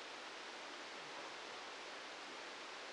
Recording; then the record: brain microelectrode recording played as sound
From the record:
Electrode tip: outside the subthalamic nucleus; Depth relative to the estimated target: 3 mm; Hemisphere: left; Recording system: NeuroSet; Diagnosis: Parkinson's disease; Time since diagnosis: 7 years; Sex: male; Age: 44 years